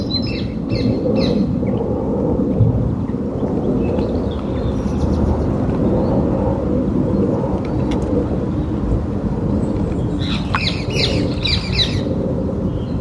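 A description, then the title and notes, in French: A robin and a blackbird sing over a heavy, steady low rumble that fills the whole clip. Bright, thin phrases come in short bursts near the start, around five to seven seconds, and again more busily from ten to twelve seconds. Rouge-gorge et merle.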